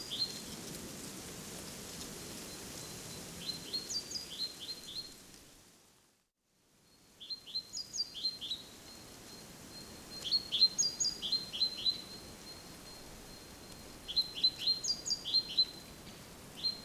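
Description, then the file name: Great tit calls: several bursts of quick high chirps, with a brief silent gap near six seconds and faint hiss throughout. "Parus major"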